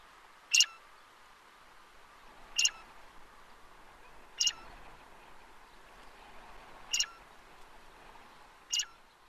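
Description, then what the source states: Great grey shrike giving single sharp, clicking high calls about every two seconds, five in all, over a low steady hiss. Recorded in Oman on the Arabian Peninsula.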